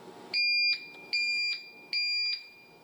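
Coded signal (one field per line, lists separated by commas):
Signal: none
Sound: a boarding pass scanner's beeps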